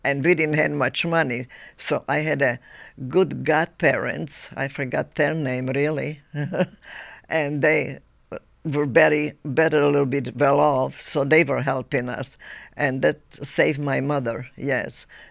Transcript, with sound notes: And we didn't have much money, so I had good godparents, I forgot their name (she laughs) and they were better, better little bit well off, so they were helping us and that saved my mother, yes.